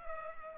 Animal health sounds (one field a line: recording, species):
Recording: mosquito wingbeat signal from an infrared sensor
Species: Culex pipiens